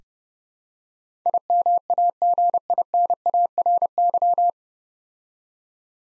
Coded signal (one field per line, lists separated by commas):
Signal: Morse code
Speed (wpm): 30 wpm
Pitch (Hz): 700 Hz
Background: none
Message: IMAGINARY